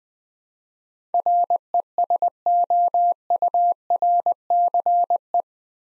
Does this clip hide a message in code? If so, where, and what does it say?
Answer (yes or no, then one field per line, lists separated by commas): yes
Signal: Morse code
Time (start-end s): 1.1-5.4 s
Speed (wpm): 20 wpm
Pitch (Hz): 700 Hz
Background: none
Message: RESOURCE